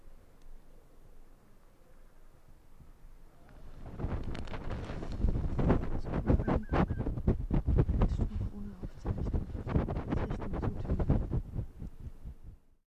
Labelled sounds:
Arctic Fox
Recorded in the wild
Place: Insel Mednyi, Kommandeur-Inseln, RU
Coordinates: 54.5167, 168.083
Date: 1999-08-24 20:28
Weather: 8°C, ausgezeichnete Sicht, fast windstill
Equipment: Sony WM-D6C, Sennheiser ME 80, K 30 AV, Windkorb, Kopie Tascam DA 30
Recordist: Jakupi, Antje

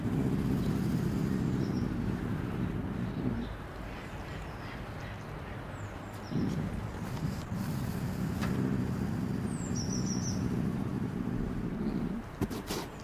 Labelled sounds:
Eurasian Lynx
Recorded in captivity
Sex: male
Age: adult
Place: Tierpark Görlitz, Sachsen, DE
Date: 1988-02-24
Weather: overcast, ca. 0°C
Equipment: Nagra SN
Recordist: Tembrock, Günter

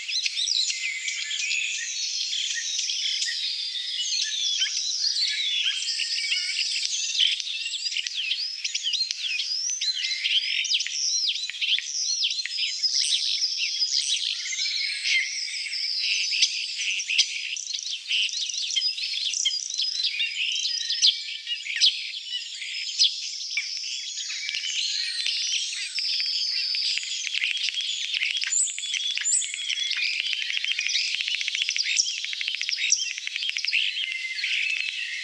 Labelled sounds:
European Starling song
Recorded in the wild
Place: Waltershofen / Freiburg im Breisgau, Baden-Württemberg, DE
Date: 1979-06-02
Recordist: Schwarz, Dieter

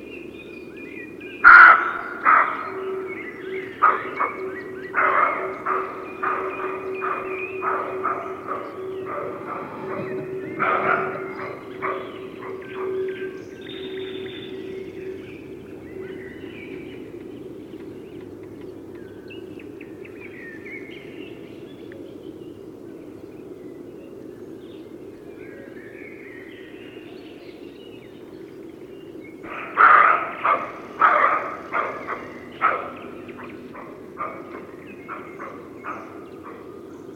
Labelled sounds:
Eurasian Woodcock call
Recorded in the wild
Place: Anklam, Mecklenburg-Vorpommern, DE
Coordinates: 53.812, 13.861
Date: 1980-05-24
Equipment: Nagra III BH, Sennheiser MD 21, parabola
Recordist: Schubert, Michael

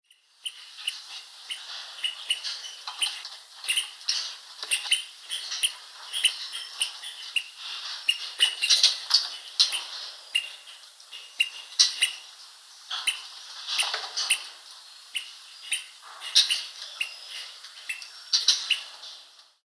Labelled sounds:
Azara's Night Monkey
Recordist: Tembrock, Günter
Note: Lautfolgen

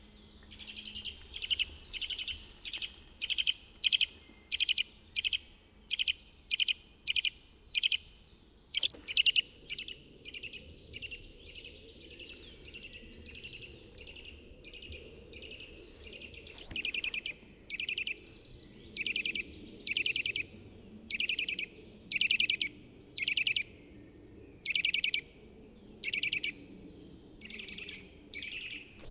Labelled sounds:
Eurasian Nuthatch call
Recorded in the wild
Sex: diverse
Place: Kaiserslautern, Rheinland-Pfalz, DE
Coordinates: 49.26, 7.45
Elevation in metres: 260
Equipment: Nagra IV, Sennheiser MKH 405, Parabolreflektor
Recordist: Tretzel, Erwin

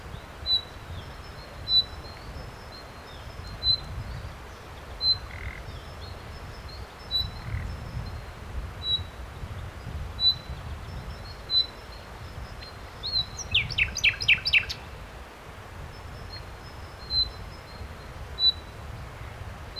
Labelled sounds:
Common Nightingale
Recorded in the wild
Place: Turgut, TR
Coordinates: 36.7372, 28.1531
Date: 1993-04-30 12:30
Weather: fair, 25°C in the shade
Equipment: Aiwa HD-S1, Sennheiser MKH 70
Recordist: Frommolt, Karl-Heinz
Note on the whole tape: Am Wasserfall: Rufe und Gesang von 2 Tieren. Am Schluß der Aufnahme Türkentaube

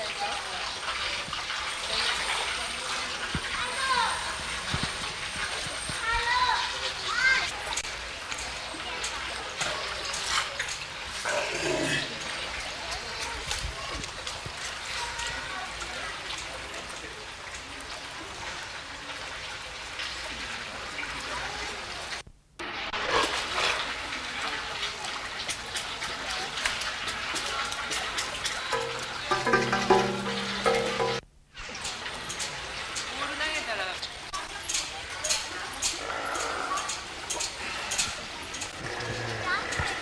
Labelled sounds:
California Sea Lion
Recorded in captivity
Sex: male
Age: adult
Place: Münchner Tierpark Hellabrunn, Bayern, DE
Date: 1993-09-20 15:26
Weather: 19 °C, heiter
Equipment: Marantz CP 430, Sennheiser MKH 416 T, Kopie Uher Variocord 263
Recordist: Tembrock, Günter

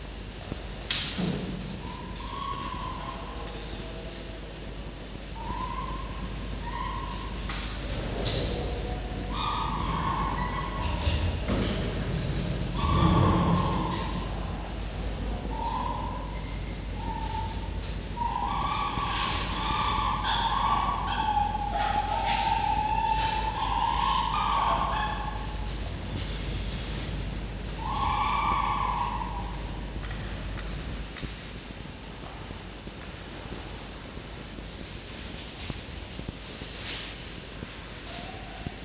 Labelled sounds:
Red Fox
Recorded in captivity
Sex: male
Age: diverse
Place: Zoologisches Institut der HUB, Berlin, DE
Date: 1952-07-26
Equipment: Elmetra
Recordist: Tembrock, Günter

